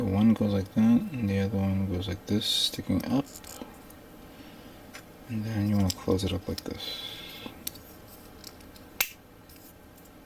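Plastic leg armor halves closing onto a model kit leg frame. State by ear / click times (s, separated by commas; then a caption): seated / 9.0 s. Someone talks while closing the two plastic leg armor halves of a 1/144 HG Gundam Age-3 Normal model kit around the inner leg frame and pressing them together. A sharp snap at 9.0 s marks the halves seating into place on the leg frame.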